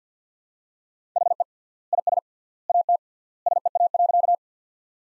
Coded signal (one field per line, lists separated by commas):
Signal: Morse code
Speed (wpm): 50 wpm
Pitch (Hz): 700 Hz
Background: none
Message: HE IS AT SEA.